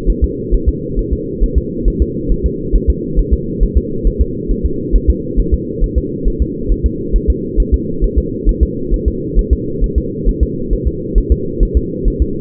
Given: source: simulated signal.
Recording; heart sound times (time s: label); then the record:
fetal heart sounds
0.10 s: S1
0.24 s: S2
0.55 s: S1
0.69 s: S2
0.99 s: S1
1.13 s: S2
1.44 s: S1
1.58 s: S2
1.88 s: S1
2.02 s: S2
2.32 s: S1
2.46 s: S2
2.76 s: S1
2.90 s: S2
3.19 s: S1
3.34 s: S2
3.63 s: S1
3.77 s: S2
4.07 s: S1
4.22 s: S2
4.51 s: S1
4.66 s: S2
4.96 s: S1
5.10 s: S2
5.40 s: S1
5.54 s: S2
5.84 s: S1
5.98 s: S2
6.28 s: S1
6.42 s: S2
6.72 s: S1
6.86 s: S2
7.16 s: S1
7.30 s: S2
7.60 s: S1
7.74 s: S2
8.04 s: S1
8.18 s: S2
8.49 s: S1
8.63 s: S2
8.94 s: S1
9.08 s: S2
9.39 s: S1
9.53 s: S2
9.84 s: S1
9.98 s: S2
10.29 s: S1
10.43 s: S2
10.73 s: S1
10.88 s: S2
11.18 s: S1
11.32 s: S2
11.63 s: S1
11.77 s: S2
12.08 s: S1
12.22 s: S2
From the record:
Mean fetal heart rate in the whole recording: 135 bpm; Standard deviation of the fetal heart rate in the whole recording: 3 bpm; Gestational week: 36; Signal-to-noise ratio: -6.6 dB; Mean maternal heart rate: 72 bpm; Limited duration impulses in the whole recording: present